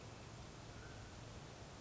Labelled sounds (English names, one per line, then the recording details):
Mountain Quail
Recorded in Sonoma County, California